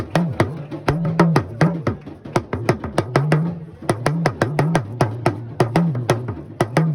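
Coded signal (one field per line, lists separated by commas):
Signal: talking drum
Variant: Yoruba dùndún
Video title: Yoruba Talking drum #yorubaculture #talkingdrum #talkingdrummer #africa #yoruba #madeforyou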